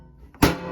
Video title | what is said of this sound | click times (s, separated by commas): Quick Mill Arnos Espresso Machine Disassembly and Boiler Element Replacement (E61 Repair) | so that clicks into place and uh now we got to put these screws back in | 0.3 s, 0.4 s